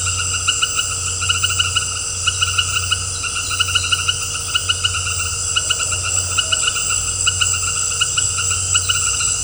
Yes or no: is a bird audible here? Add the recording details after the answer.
no. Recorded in dense forest near Puerto Asís, Putumayo, Colombia, on 19 March 2025 at 18:30. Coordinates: 0.468, -76.322. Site GP01